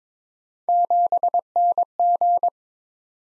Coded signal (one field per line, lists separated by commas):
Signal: Morse code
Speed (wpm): 22 wpm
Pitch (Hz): 700 Hz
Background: none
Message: 7NG